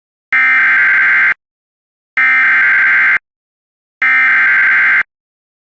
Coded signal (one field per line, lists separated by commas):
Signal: Emergency Alert System (SAME) tones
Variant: header bursts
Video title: [MILESTONE REACHED] EAS Alerts From 6/14/23 (EAS #1687-1718)